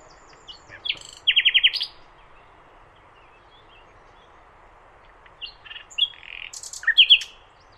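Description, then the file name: Common nightingale song phrases: a rapid rattling trill of repeated notes, a long pause, then a second burst of varied chirps ending in another fast trill. "Luscinia megarhynchos"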